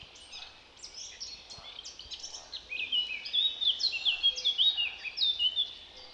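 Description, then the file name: Eurasian blackcap warbling song: quick jumbled chattering notes building into louder, clearer whistled phrases toward the end, with soft background noise. "Sylvia atricapilla"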